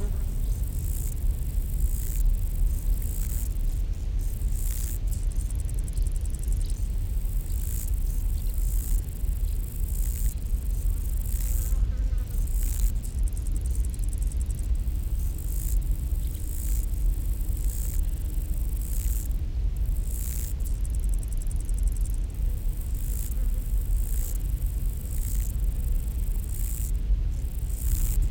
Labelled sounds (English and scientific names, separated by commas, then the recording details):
Lesser Marsh Grasshopper (Chorthippus albomarginatus) stridulation
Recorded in the wild
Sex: male
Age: imago
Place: Botanische Anlage Blankenfelde, Berlin, DE
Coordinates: 52.603, 13.4
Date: 1993-08-26 13:46
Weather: 16°C, heiter
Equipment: Marantz CP 430, Sennheiser ME 80, Kopie Uher Variocord 263
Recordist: Tembrock, Günter
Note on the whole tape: Männchen am Weibchen Strophenfolgen